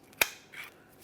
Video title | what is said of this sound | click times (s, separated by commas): How to Replace Starter 1999-2006 Chevrolet Silverado 1500 4.3L V6 | go ahead and listen for a click from that once you've done so we'll continue on with our wiring harnesses | 0.2 s